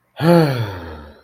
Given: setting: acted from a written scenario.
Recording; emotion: vocal sound without words; anger